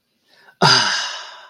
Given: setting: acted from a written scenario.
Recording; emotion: vocal sound without words; relief